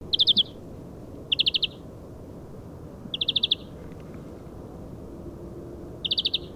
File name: Chloris chloris